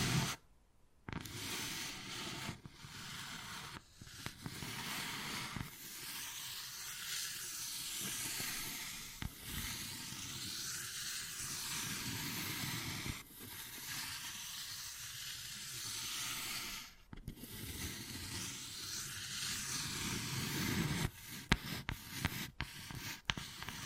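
Wood carving with steady scraping and scratching that fills nearly the whole clip, a rough, hissy texture with a lower rumbling body. Brief pauses break it near the start, around 17 seconds, and toward the end, where sharp taps and clicks become more frequent.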